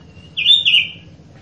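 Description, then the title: Sooty-headed bulbul giving a single loud whistled phrase, briefly broken in the middle and gliding slightly downward, against a quiet low background. Masteran training recording meant to lure caged birds into singing, featuring a very chatty bird with a sharp, piercing voice. "Masteran Kutilang Sutra. PANCINGAN AMPUH KUTILANG SUTRA SUPER GACOR SUARA PEDAS"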